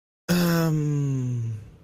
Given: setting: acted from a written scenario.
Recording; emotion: vocal sound without words; embarrassment